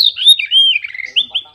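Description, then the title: Oriental magpie-robin song: clear high whistled notes sliding down, then a sustained whistle and a few brighter rising notes at the end. "kacer"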